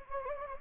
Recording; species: mosquito wingbeat signal from an infrared sensor; Anopheles gambiae